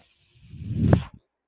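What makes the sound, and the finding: Home mechanical ventilator. Mechanical ventilator breathing cycle.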